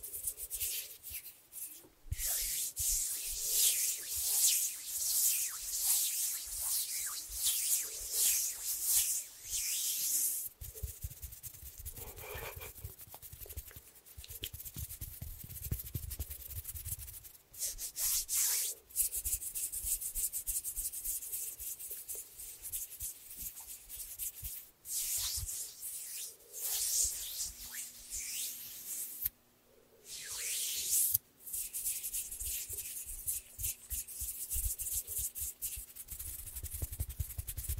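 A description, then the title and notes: Hands rub and flutter in dense, bright scratchy bursts with brief pauses, and a faint steady hum appears after about 27 seconds. ASMR Super Relaxing Hand Sounds With Finger Fluttering（No Talking）.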